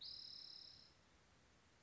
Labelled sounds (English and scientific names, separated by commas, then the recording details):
Spotted Towhee (Pipilo maculatus)
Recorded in Sonoma County, California